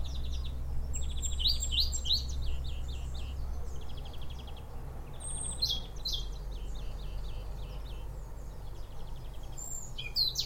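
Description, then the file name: European robin song: busy high warbling with rapid trilled and buzzy runs, short pauses between bursts, against constant low-pitched background hum. "Erithacus rubecula"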